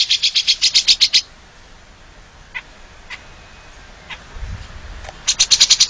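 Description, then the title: Oriental magpie-robin song: a fast run of sharp, high pulsed notes, then a quiet stretch with a few isolated clicks, and a second rapid burst at the end. "Kicau Kacer"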